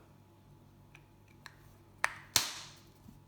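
After a battery replacement on a Citroen C1, C2, C3, C5, Saxo or Picasso remote key fob, the circuit board is refitted and the two plastic halves of the fob shell are pressed together. A few faint ticks at about 1.0 and 1.5 s lead up to two sharp, bright snaps at 2.0 and 2.4 s, the second ringing out briefly. The case halves snap shut and are seated.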